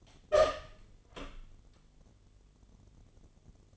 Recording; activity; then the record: daily activity, microphone in the room; open door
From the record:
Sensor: 4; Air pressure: 1016.1 hPa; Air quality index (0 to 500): 210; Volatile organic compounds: 13 ppm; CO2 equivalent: 2399 ppm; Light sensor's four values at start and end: 9/20/8/7 and 9/20/8/7